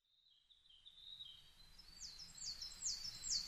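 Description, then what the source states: Coal tit-type high, ringing, falling notes repeated quickly, growing louder toward the end after a faint, lower opening. Recorded 22 May 2010 at 17:33.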